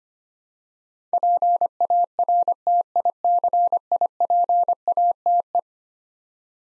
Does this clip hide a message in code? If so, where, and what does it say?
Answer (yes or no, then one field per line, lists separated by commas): yes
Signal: Morse code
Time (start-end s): 1.1-5.6 s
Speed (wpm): 25 wpm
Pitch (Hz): 700 Hz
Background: none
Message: PARTICIPATE